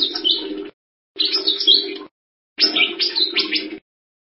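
Bird song delivered in three chattering bursts of high squeaky twitters over a low steady buzz, with brief pauses between them.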